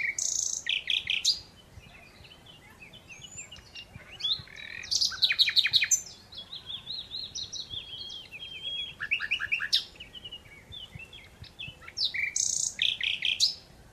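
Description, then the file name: Common Nightingale singing: bright whistles, rapid stuttering trills and chattering bursts follow one another, with a few short pauses. "Luscinia megarhynchos"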